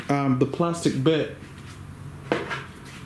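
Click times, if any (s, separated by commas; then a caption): 2.3 s. Someone talks while the plastic canopy frame of a Global Aerofoam T-45 Goshawk (Turbine) foam RC jet, pulled off and pressed back onto the fuselage, gives a single sharp click at 2.3 s. The canopy frame seats into place.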